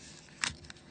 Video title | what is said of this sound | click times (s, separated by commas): ویدیو آموزش تعویض LCD نوکیا لومیا 1020 | and snap into place | 0.4 s